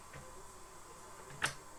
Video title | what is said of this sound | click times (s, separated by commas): DELONGHI MAGNIFICA Coffee Machine Not Working Fixed | you heard that click. That's in place now. | 1.4 s